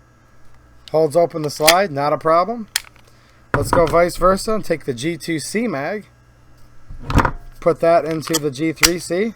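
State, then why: Seated. A Taurus G2C magazine is pushed into the magazine well of a Taurus G3C 9mm pistol grip. It latches with a sharp click at 7.1 s, followed by a couple of quick rattles, and the magazine is seated. Someone talks before and after the insertion.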